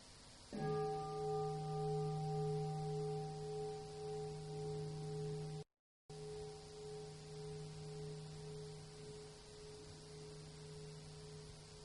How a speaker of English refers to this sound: So let's enjoy one sound of the bell. First a half sound to wake up our friend, and then we invite a full sound of the bell.